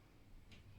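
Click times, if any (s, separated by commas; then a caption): 0.5 s. A folding pedal on a FlexiSpot V9 Pro under-desk bike is flipped up into its locked position on the crank, giving a quiet, short tick at 0.5 s over a low background hum. The pedal seats and locks in place.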